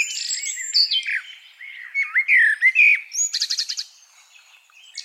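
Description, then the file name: Eurasian blackbird song: mellow slurred fluty notes, some dipping and rising, followed by a quick burst of high, scratchy twittering. "Turdus merula"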